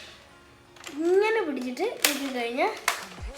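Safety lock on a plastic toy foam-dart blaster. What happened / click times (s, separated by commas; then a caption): The toy's plastic lock is being handled but has not yet clicked home / none. Someone talks while handling the safety lock on a plastic toy foam-dart blaster, with brief sharp sounds near 2.0 s and 2.9 s. The lock has not clicked into place yet.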